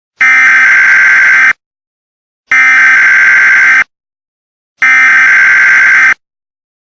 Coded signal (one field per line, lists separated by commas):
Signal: Emergency Alert System (SAME) tones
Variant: header bursts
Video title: (EAS Scenario) The Prion (Filler)